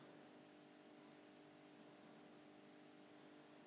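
The plastic top of an Uncle Milton Ant-Man ant farm is being positioned and lined up over the base before being pushed down to lock. Only a steady, even hiss with a faint low hum is heard, with no sharp sounds. The lid has not clicked or locked into place yet.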